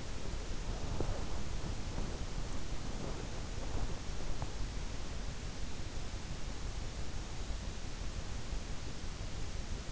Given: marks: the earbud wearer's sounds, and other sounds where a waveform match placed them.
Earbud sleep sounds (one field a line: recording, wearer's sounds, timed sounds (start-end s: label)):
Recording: sounds in sleep by an in-ear microphone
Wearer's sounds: body movement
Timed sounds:
0.00-4.88 s: body movement